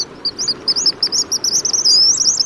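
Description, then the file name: Pigeon Guillemots giving high, thin, squealing whistles in rapid twittering series, with a longer drawn-out whistle near the end. Breeding colony on Whidbey Island, Puget Sound, in early morning; offspring waiting in burrows in the cliffs. "Citizen Scientists Monitor Pigeon Guillemots"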